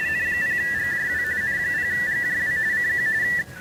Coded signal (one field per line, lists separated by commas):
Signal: RTTY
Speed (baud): 45.45 baud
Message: N0GJW N0GJW CQ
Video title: Weekly RTTY Test and Stuff.... 08-28-2026